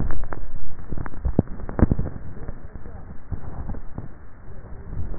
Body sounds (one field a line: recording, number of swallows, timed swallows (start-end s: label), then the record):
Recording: swallowing sounds by neck microphone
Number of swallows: 1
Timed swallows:
0.69-1.72 s: swallow
From the record:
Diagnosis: dysphagia